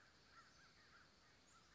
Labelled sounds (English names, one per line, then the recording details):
American Crow
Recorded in Sonoma County, California